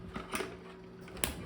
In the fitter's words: you hear a popping sound